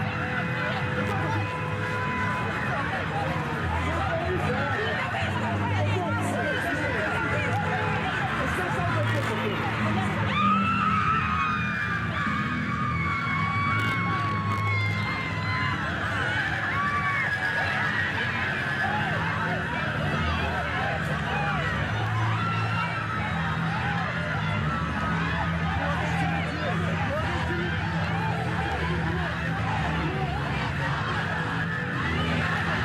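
Authentic documentary sound recorded at ongoing protests in Belarus: a dense, steady crowd babble of many voices talking at once, with a low rumble underneath. Around ten seconds a few louder, drawn-out calls or shouts rise above the crowd, and the murmur continues unbroken to the end.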